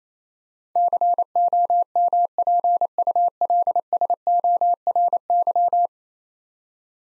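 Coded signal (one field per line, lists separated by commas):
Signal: Morse code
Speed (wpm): 28 wpm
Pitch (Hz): 700 Hz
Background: none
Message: COMPULSORY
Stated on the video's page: Morse practice drill of ten-letter words at 28 wpm for head-copy, each word sent, spoken, then sent again.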